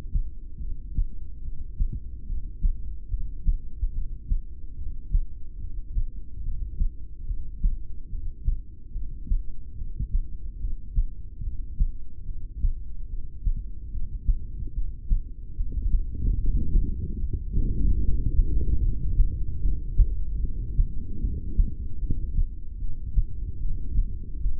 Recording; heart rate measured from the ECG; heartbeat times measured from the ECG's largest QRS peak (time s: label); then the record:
heart sounds by stethoscope; 73 bpm
0.56 s: heartbeat
1.39 s: heartbeat
2.22 s: heartbeat
3.05 s: heartbeat
3.89 s: heartbeat
4.72 s: heartbeat
5.55 s: heartbeat
6.39 s: heartbeat
7.22 s: heartbeat
8.06 s: heartbeat
8.89 s: heartbeat
9.72 s: heartbeat
10.55 s: heartbeat
11.38 s: heartbeat
12.21 s: heartbeat
13.04 s: heartbeat
13.87 s: heartbeat
14.69 s: heartbeat
15.51 s: heartbeat
16.33 s: heartbeat
17.14 s: heartbeat
17.96 s: heartbeat
18.76 s: heartbeat
19.56 s: heartbeat
20.37 s: heartbeat
21.17 s: heartbeat
21.95 s: heartbeat
22.75 s: heartbeat
23.56 s: heartbeat
24.37 s: heartbeat
From the record:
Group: heart failure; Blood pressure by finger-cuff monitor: 99/61 mmHg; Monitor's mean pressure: 77 mmHg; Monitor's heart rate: 73 bpm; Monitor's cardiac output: 6.6 L/min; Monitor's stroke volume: 92 mL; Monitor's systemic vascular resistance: 840 dyn s/cm5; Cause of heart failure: ischemic heart disease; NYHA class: 2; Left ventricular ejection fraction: 28%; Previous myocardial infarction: present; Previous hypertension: present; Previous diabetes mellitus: present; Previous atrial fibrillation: present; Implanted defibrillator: present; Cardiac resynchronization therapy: present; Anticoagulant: apixaban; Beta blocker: bisoprolol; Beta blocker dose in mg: 10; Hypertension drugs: sacubitril-valsartan, spironolactone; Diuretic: furosemide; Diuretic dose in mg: 20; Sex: male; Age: 62 years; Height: 178 cm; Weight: 88.3 kg